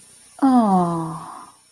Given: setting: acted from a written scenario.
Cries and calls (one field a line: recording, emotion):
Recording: vocal sound without words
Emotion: sadness